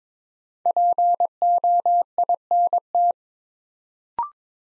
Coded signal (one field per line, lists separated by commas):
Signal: Morse code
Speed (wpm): 22 wpm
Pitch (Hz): 700 Hz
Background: none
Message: POINT